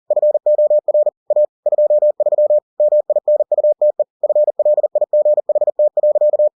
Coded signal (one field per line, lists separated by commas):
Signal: Morse code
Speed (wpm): 40 wpm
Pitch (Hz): 600 Hz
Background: none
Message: FOR A 23 MINUTE FLIGHT.